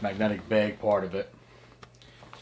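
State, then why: Seated. Someone talks for about the first 1.3 seconds while closing the magnetic latch on a camera bag. Quieter handling sounds follow, then the magnetic buckle snaps shut and seats at 2.3 s.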